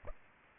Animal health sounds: mosquito wingbeat signal from an infrared sensor; Aedes aegypti

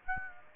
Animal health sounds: mosquito wingbeat signal from an infrared sensor; Aedes aegypti

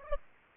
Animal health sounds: mosquito wingbeat signal from an infrared sensor; Aedes aegypti

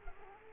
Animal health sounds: mosquito wingbeat signal from an infrared sensor; Culex quinquefasciatus

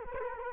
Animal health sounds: mosquito wingbeat signal from an infrared sensor; Culex quinquefasciatus

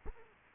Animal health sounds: mosquito wingbeat signal from an infrared sensor; Culex quinquefasciatus

